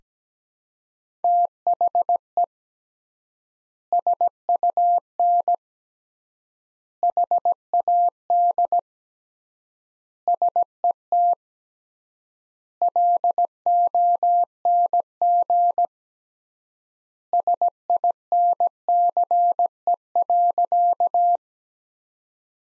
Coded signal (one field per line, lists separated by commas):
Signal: Morse code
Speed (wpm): 17 wpm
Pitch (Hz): 700 Hz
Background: none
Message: THE SUN HAD SET LONG SINCE.